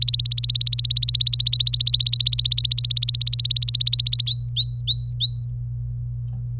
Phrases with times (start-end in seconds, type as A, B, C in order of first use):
0.00-4.23 A, 4.27-5.45 B